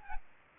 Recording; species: mosquito wingbeat signal from an infrared sensor; Aedes aegypti